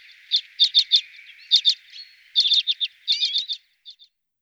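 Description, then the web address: Common redpoll song of clipped, high chattering notes in quick bursts, mixed with a few twittered slurs. Garden bird. "VOLIERE Les oiseaux de nos jardins. Sizerin flam� - Redpoll"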